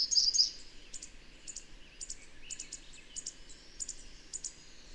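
Bird song begins with a short bright warble, then gives way to scattered thin, high chirps against low background noise.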